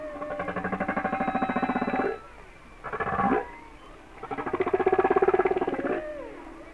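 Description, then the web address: Humpback whale song unit: rapid buzzing pulsed trains, ratchet-like, in two long bursts with a short swooping cry between them. "Natures Songs Whale Songs Sounds of Nature - Humpback Whales"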